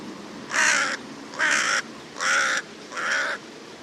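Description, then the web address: Bird giving four harsh, hoarse caws, each about half a second long, spaced roughly evenly across a quiet background. "cianscape. Deverinetal 2025. Bird Only"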